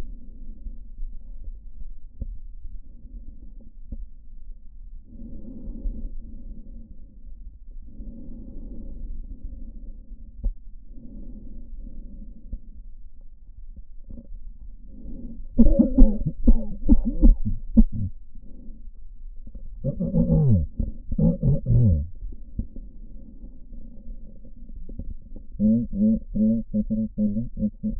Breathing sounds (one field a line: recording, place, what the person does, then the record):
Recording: lung sounds by stethoscope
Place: left posterior apical chest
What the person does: quiet breathing, then cough and speech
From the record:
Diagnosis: none (healthy)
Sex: male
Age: 45 years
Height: 173 cm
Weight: 92 kg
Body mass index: 30.7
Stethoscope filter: diaphragm mode